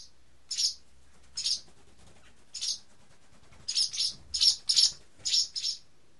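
Barn swallow giving short high chirping notes, single at first, then in quick pairs and clusters.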